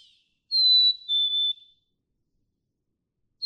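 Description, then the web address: Black-capped chickadee song: a clean two-note whistle, the first note higher and the second slightly lower and held. "birdsongforthecurious Black-capped Chickadee"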